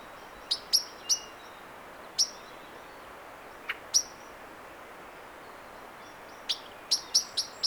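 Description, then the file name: Common blackbird giving scattered sharp 'chink' calls, singly and in pairs with pauses between, ending in a quick run of five notes against low steady hiss. "Turdus merula"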